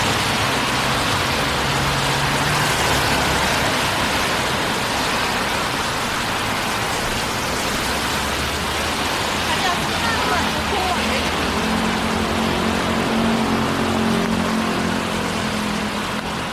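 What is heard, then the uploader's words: A walk downtown on a rainy night: a dense, steady hiss of rain and wet street noise fills the whole clip at an even level. Low rumbling tones of passing vehicles come and go underneath, with faint traces of voices mixed in. Going For A Walk Downtown on A Rainy Night. Hear the cars, the murmurs of people and the light rain.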